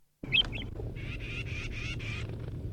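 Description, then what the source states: Chickadee: one quick high chip, then a run of four harsh, buzzy notes in steady succession over a constant low rumble. Chickadees foraging in trees with other birds about 150 meters east of a nest, up on a hill.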